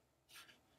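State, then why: Not seated. The plastic RAM holder lever in the memory bay of a 27-inch iMac (2011/2012) all-in-one desktop is pushed up back toward its position. A soft, brief rubbing and scraping sound rises at about 0.3 s and fades by about 0.6 s. Nothing has seated or clicked yet.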